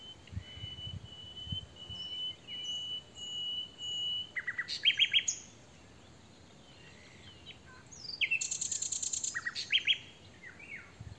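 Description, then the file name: Common nightingale: long, steady pure whistles, then chirps, and after a pause a fast rattling trill. "Luscinia megarhynchos"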